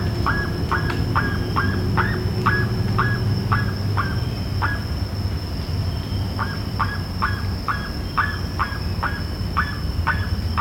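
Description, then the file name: Bird calling in two long bouts of quick hooked notes, rising then held, separated by a short pause, over a low drone. "SABIOD 50 bird 2015"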